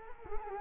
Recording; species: mosquito wingbeat signal from an infrared sensor; Culex quinquefasciatus